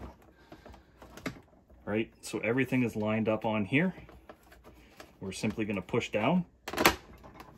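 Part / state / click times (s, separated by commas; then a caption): plastic cover tabs into bidet seat base / seated / 6.7 s. Someone talks, then presses down on the plastic top cover of a Bio Bidet seat so its tabs engage the seat base. A sharp click sounds at 6.7 s as the cover clips snap home and seat in place.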